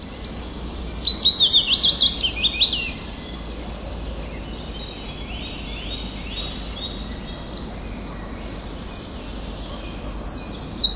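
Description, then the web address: Willow warbler song: a sweet, high phrase that slides downward over about two seconds, then softer chatter from other birds before the next phrase begins. Recorded on 29 April 2011. "wroblowe kontra piecuszek 29 04 2011"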